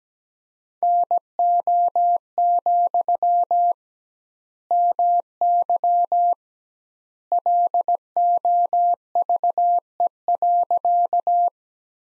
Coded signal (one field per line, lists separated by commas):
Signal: Morse code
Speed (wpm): 17 wpm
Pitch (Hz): 700 Hz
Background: none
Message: NO, MY LOVE.